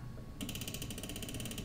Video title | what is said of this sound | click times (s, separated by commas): Seat Belt Basics: How Your Seat Belt Locks for Carseats | and then i hear that click which is a signal to me that the retractor has switched over | 0.4 s, 0.5 s, 0.6 s, 0.7 s